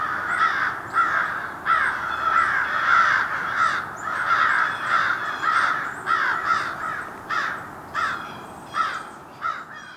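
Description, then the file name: Crows cawing in a harsh, overlapping chorus, several birds calling at once with rapid repeated caws and brief pauses between bursts. A group of crows mobbing in Somerset, New Jersey, USA; dated 02-12-07. "Somerset NJ Crow Mob"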